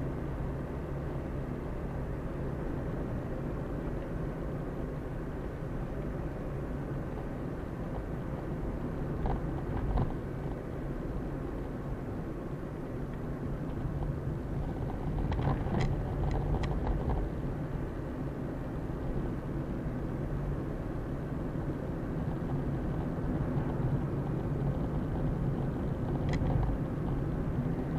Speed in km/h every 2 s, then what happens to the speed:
43, 44, 43, 42, 41, 41, 39, 37, 38, 39, 40, 40, 40, 39.
0-28 steady at about 40.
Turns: none.